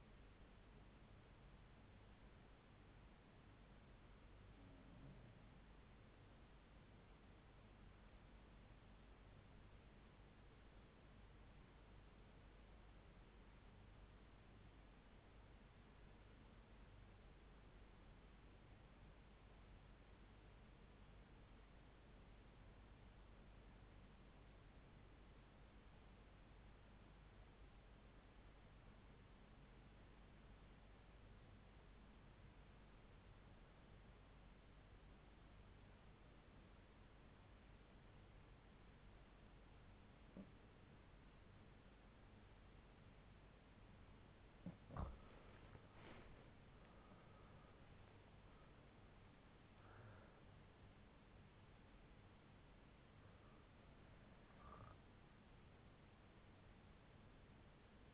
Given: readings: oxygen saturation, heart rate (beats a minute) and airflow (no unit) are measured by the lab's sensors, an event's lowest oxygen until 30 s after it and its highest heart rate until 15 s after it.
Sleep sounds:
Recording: breathing in sleep by a voice recorder at the bedside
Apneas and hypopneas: 1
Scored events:
3.00-46.60 s: hypopnea (REM, oxygen 96% highest, then 77% lowest)
From the record:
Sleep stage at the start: REM sleep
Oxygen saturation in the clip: 79 to 96%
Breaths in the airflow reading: 10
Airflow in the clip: -9.1 to 9.0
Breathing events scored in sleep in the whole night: 368 in 8.0 hours asleep

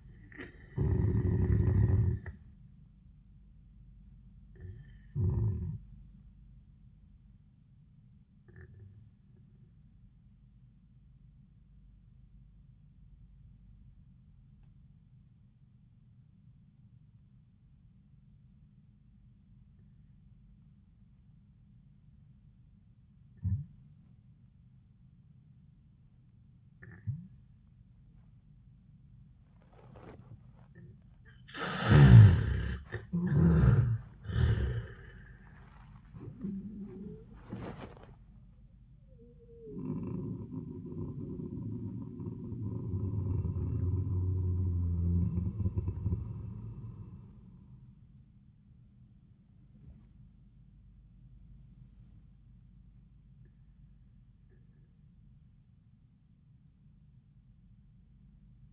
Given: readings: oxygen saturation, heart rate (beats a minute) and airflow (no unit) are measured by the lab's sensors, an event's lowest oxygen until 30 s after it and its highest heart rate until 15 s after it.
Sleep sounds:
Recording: breathing in sleep by a smartphone at the bedside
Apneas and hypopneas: 1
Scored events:
8.00-32.80 s: obstructive apnea (N1, oxygen 95% highest, then 78% lowest, heart rate 86 at the start, 94 highest)
11.00-58.72 s: new sleep stage, N2 (light sleep)
From the record:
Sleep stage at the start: N1 (lightest sleep)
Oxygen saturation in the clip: 78 to 95%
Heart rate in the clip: 74 to 94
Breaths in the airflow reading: 7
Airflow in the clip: -18.2 to 9.8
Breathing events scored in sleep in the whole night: 400 in 8.7 hours asleep

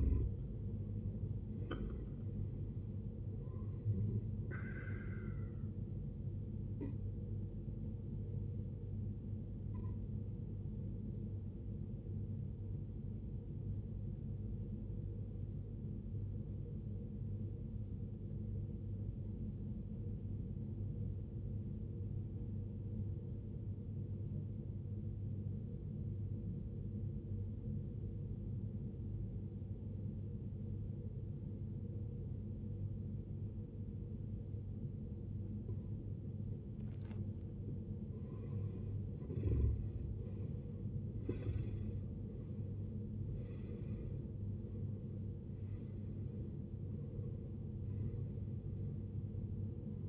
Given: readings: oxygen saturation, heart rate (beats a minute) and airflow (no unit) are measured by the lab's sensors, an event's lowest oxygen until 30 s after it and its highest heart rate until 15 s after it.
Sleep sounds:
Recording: breathing in sleep by a smartphone at the bedside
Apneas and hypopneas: 1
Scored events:
15.00-37.90 s: obstructive apnea (N1, oxygen 95% highest, then 76% lowest, heart rate 58 at the start, 76 highest)
21.00-50.09 s: new sleep stage, N2 (light sleep)
From the record:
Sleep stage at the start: N1 (lightest sleep)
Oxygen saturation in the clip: 77 to 95%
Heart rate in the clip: 52 to 76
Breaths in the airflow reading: 6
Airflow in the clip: -15.9 to 16.8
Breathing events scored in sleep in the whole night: 389 in 6.3 hours asleep

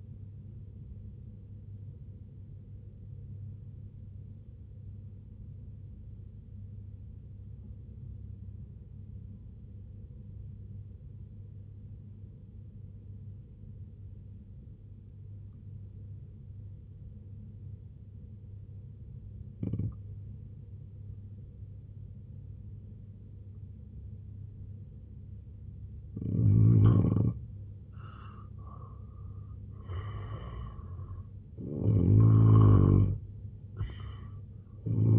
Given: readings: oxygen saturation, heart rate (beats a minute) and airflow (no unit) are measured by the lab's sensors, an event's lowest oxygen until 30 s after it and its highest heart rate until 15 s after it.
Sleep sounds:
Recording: breathing in sleep by a smartphone at the bedside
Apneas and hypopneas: 1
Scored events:
2.00-35.19 s: new sleep stage, N2 (light sleep)
3.00-28.00 s: obstructive apnea (N2, oxygen 96% highest, then 85% lowest, heart rate 67 at the start, 88 highest)
From the record:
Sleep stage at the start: N1 (lightest sleep)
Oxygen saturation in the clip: 83 to 96%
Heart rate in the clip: 65 to 87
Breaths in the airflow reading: 4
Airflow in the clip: -7.2 to 6.2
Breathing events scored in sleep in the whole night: 258 in 7.4 hours asleep

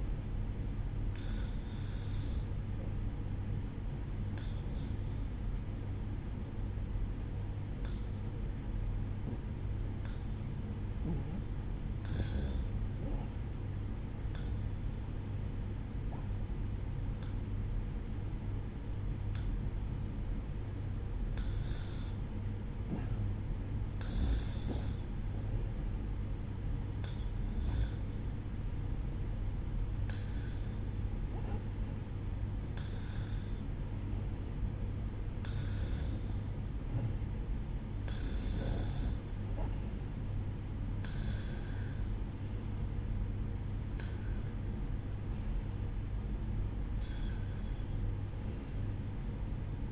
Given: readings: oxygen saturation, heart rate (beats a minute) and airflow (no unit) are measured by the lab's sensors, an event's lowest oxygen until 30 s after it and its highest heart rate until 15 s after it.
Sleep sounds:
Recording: breathing in sleep by a smartphone at the bedside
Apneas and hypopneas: none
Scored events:
none scored
From the record:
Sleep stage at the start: REM sleep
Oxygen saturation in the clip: 91 to 93%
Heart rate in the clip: 65 to 69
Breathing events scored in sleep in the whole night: 305 in 9.6 hours asleep

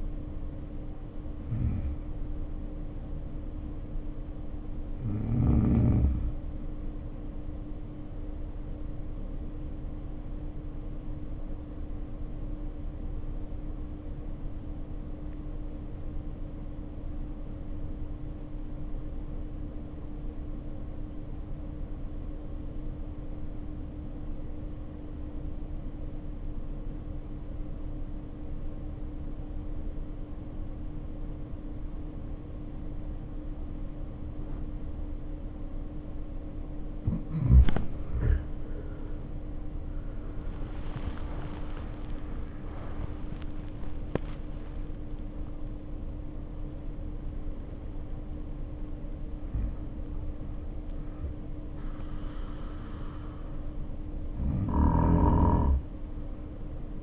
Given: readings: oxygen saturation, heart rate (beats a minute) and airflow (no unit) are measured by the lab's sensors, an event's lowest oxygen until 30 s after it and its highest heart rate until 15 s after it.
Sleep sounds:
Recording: breathing in sleep by a smartphone at the bedside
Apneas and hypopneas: 1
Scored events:
5.00-36.80 s: obstructive apnea (REM, oxygen 94% highest, then 73% lowest, heart rate 51 at the start, 80 highest)
From the record:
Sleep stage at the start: REM sleep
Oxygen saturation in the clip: 71 to 94%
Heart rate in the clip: 50 to 80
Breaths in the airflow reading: 8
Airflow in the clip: -1.5 to 1.8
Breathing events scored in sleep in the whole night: 520 in 7.2 hours asleep

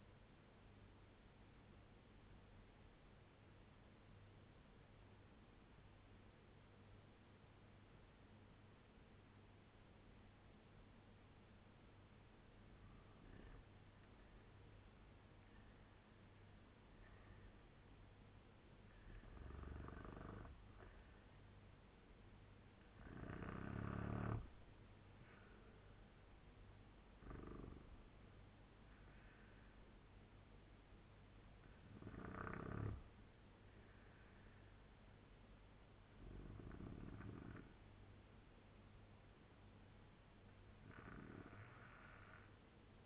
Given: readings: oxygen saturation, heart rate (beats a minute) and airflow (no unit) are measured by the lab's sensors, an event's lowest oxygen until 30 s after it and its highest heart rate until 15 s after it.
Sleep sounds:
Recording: breathing in sleep by a voice recorder at the bedside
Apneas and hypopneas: 1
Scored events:
3.00-14.10 s: obstructive apnea (N2, oxygen 89% highest, then 89% lowest, heart rate 72 at the start, 90 highest)
7.00-37.00 s: new sleep stage, N1 (lightest sleep)
37.00-43.06 s: new sleep stage, N2 (light sleep)
From the record:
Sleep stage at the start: N2 (light sleep)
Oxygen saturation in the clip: 87 to 97%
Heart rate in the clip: 72 to 90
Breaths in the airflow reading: 7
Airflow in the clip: -5.8 to 11.9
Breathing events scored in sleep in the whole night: 201 in 6.5 hours asleep

